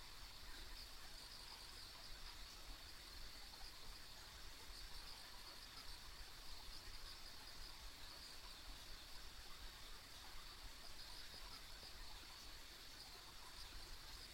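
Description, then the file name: Insects chirp in quick high clusters repeating every second or two, layered over a constant shrill drone and low background rumble. Ambient insect sounds recorded along a rural country road. "田舎道の虫の環境音"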